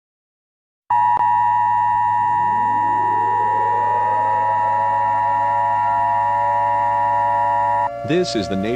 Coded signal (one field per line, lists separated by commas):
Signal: Emergency Alert System (SAME) tones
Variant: 853 and 960 Hz attention tone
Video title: EAS Scenario - Zombie Apocalypse